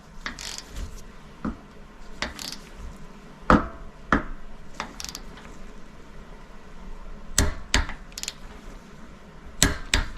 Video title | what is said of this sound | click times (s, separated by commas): Mercedes / Dodge Sprinter High Pressure Fuel Pump Replacement ( Step by Step Guide ) OM642 Sprinter | so just like that I hope you can hear the torque wrench click | 3.5 s, 4.1 s, 7.4 s, 7.7 s, 9.6 s, 9.9 s